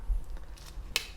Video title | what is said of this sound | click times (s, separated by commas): Brighter and sleeker - Fenix BC21R V3 LED Bicycle Headlight Review feat. Replaceable 18650 Battery | and then it locks into place. | 1.0 s